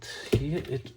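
A plastic latch on the dust bin housing of a Dyson V10 handheld vacuum is being handled during reassembly, about to be pressed into its mating slot. Someone talks briefly over the handling sounds. Nothing has seated or clicked yet.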